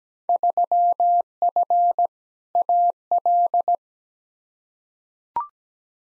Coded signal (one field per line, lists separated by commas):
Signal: Morse code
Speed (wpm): 17 wpm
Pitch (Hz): 700 Hz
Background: none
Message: 3F AL